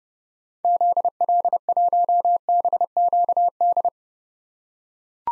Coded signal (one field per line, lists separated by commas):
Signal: Morse code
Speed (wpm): 30 wpm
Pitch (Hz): 700 Hz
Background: none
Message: ZL1BQD